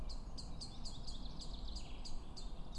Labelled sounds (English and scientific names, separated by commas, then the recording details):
Common Chaffinch (Fringilla coelebs)
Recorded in Germany
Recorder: ecoPi